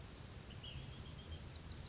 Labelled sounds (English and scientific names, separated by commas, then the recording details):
Ash-throated Flycatcher (Myiarchus cinerascens)
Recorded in Sonoma County, California